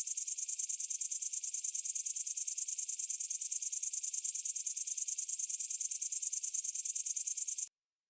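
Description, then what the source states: Great green bush-cricket stridulating: a continuous, very high buzzing trill made of rapid regular pulses, stopping abruptly near the end. Recorded at night.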